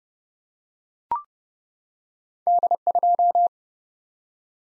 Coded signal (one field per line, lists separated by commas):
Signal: Morse code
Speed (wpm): 30 wpm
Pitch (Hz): 700 Hz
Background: none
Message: D2